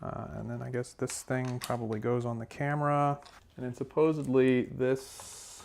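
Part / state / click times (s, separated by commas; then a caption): camera quick-release plate into gimbal mount / not seated / none. Someone talks while handling a quick-release plate that goes on the camera before being pushed into the mount of a Zhiyun Crane V2 gimbal. Nothing has seated or clicked yet. A soft, broadband hiss is heard at the end of the clip.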